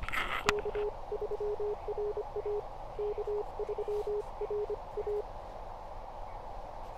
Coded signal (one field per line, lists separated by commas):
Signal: Morse code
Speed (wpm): 25 wpm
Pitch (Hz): 420 Hz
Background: none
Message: K3RA K3RA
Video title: Emtech ZM-2 ATU for POTA activations